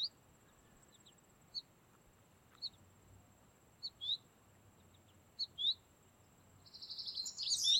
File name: Carduelis tristis - American Goldfinch